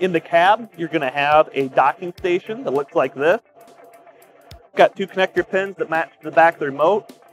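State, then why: Not seated. A wireless remote for a small tire crane is handled at its cab charging docking station, which has two connector pins that match the back of the remote. Someone talks over background music, with a brief sharp tick near 4.5 s in a pause. Nothing has seated or clicked into the dock yet.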